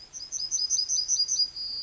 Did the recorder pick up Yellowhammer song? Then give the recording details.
yes. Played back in forest. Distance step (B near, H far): D. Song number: 108